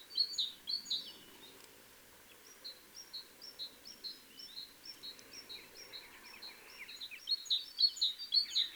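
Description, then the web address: Great tit: bird calling in quick high repeated notes, louder at the start and end, with softer notes between, all against constant background hiss. "SETE Parus major"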